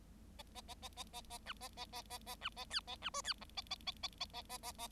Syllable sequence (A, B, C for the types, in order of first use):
A A A A A A A B A A A A A B A C A B D C E A A A A A A A A A